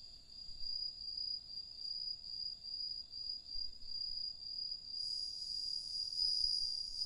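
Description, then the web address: Cricket song as a soft, continuous high trill that grows richer and louder in its last two seconds. "Hoerbeispiele Grillen"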